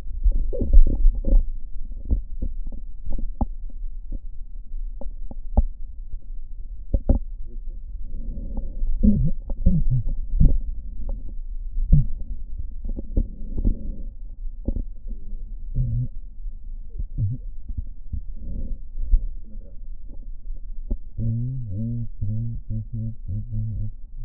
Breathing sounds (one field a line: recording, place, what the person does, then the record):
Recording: lung sounds by stethoscope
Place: right posterior basal chest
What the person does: quiet breathing, then cough and speech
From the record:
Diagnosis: none (healthy)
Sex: male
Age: 35 years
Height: 186 cm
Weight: 108 kg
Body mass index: 31.2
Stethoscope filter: diaphragm mode